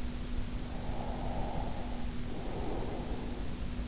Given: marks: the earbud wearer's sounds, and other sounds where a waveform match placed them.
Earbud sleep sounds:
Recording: sounds in sleep by an in-ear microphone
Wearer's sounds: breath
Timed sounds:
0.65-3.63 s: breath

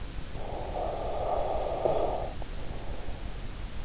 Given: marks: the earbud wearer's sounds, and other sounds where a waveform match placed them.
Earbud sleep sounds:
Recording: sounds in sleep by an in-ear microphone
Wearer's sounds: breath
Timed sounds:
0.23-3.29 s: breath

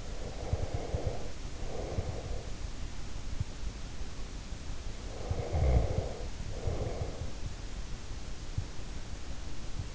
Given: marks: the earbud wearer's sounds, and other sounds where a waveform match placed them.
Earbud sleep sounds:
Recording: sounds in sleep by an in-ear microphone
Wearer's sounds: breath, snoring breath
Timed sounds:
0.00-2.65 s: breath
4.93-7.50 s: snoring breath

